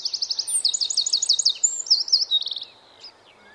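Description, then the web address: Eurasian wren song: a fast, high trill opening into a jumble of warbled and rattled notes, ending after under three seconds with a faint note afterward. "Bird Song Site Wren - Roitelet"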